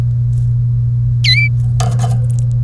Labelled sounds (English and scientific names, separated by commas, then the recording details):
Domestic Canary (Serinus canaria) song
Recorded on 30 April 2018 at 15:30
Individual llb3